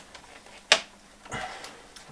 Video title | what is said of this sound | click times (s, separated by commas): How To Install a Sub Panel Start to Finish! | alright snapped in place | 0.7 s